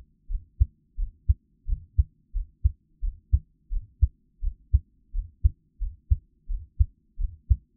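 Steady paired low thumps at about 86 beats a minute, a regular normal adult heartbeat heard close up.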